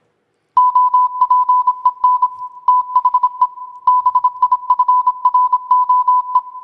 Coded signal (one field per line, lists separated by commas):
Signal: Morse code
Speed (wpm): 25 wpm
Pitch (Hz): 1000 Hz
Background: none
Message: OPEN THE BIFRO E